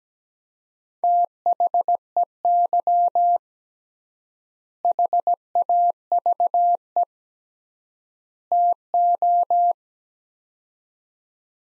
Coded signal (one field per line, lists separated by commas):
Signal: Morse code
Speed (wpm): 17 wpm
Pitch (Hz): 700 Hz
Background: none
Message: THEY HAVE TO